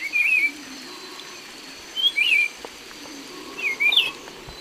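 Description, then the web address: Buff-throated saltator song: three short sweet whistled phrases, each slurred up and down, evenly spaced. Song, recorded in the eastern lowlands of South America. "Natures Songs S America Eastern Lowlands. Saltator maximus, song"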